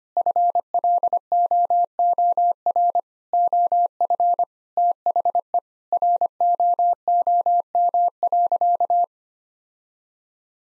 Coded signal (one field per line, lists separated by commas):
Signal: Morse code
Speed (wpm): 25 wpm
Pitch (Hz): 700 Hz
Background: none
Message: FLOOR OF THE ROOM.